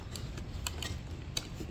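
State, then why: Not seated. An upgraded B&O tweeter for an Audi S5 B9.5 rear door, held with sticky tape, is being slid down into the plastic channel of the rear door panel, where it is meant to click in for a firm seal. Faint, light ticks of handling are heard at about 0.2, 0.7, 0.8, 1.4 and 1.7 seconds over a low background hum. Nothing has seated or clicked into place yet.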